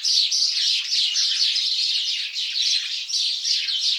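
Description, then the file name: House sparrows chattering, with many overlapping chirps blending into a continuous, busy chorus. "Passer domesticus"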